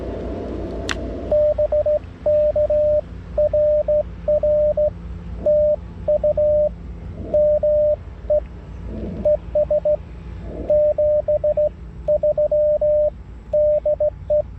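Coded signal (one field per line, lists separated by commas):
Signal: Morse code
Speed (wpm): 15 wpm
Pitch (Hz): 590 Hz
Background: radio noise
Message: BK RR TU ME ES 73 DE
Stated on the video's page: Slow (QRS) CW sent by hand on a straight key at 14–16 WPM, park activation, G90 transceiver, vertical antenna, 20 W, lower than normal signal reports.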